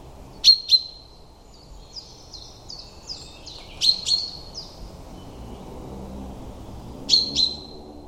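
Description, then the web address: Common chaffinch giving short high double notes at intervals, while a quieter stepped series of slurred notes runs between them. "Deverinetal 2025 File origin Bird Only Fr Co"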